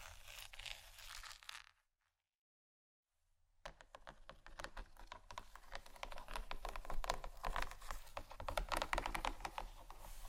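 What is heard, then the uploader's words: Gentle scratching, a dense run of quick, crisp strokes with a papery, rasping edge. The sound stops for about two seconds near the start, then returns busier and slightly louder, with rapid irregular scratches continuing to the end. ASMR Gentle Scratching For Sleep（No Talking）.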